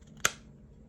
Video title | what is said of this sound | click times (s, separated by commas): Chicrotech (Microtech) Halo 6 clone overview. | I'm not sure if it's actual Kydex, however, the knife clicks in there real well. You can actually hear it click in and slide out of there. | 0.2 s